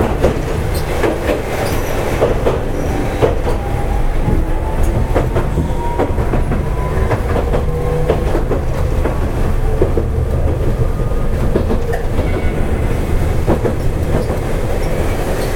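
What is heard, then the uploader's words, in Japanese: A Hankai Tramway 701-series tram runs along with a steady low rumble of motor and wheels that holds even throughout. Frequent sharp clicks and knocks from the rail joints break through, and a faint squealing whine drifts in and out around the middle. 阪堺電気軌道701形電車の走行音です。阪堺線で録音しました。区間は、我孫子道から恵美須町までです。阪堺電車701形 あびこ道から恵美須町まで。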